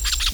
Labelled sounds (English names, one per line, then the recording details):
Brown-throated Parakeet contact call
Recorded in Venezuela
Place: Tumeremo, Edo. Bolivar; Camino de tierra entre el Frio y el fundo Atenas. Fundo San Ramon
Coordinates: 7.414, -61.558